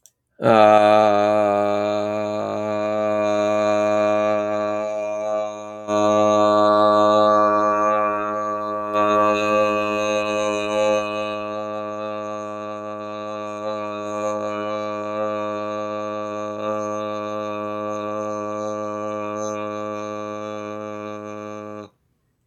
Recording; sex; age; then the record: vowel held as long as possible; male; 30 to 39 years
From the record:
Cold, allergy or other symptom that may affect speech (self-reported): no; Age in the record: 38 years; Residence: Texas, United States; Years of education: 16